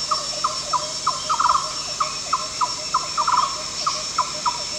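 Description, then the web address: Yellow-crowned barbet repeating short tok notes with a couple of quick stuttering trills, while insects hum steadily at high pitch. At Danum on 1 July 2008. "DANUM 20080701. yellow-crowned barbet"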